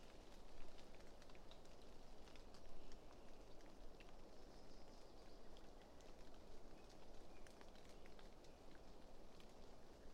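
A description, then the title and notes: Rain from a passing thunderstorm falls steadily in the aspen and pine forest, a dense, even hiss weighted toward the low and middle range. Scattered bright taps of individual drops land throughout, and the downpour swells slightly in the first three seconds. Passing Thunderstorm East Of Bear Mountain. A late spring afternoon in a small stand of Quaking Aspen growing beneath tall Ponderosa Pines beside a seasonally flooded meadow located east of Bear Mountain in Shasta-Trinity National Forest, Siskiyou County, California.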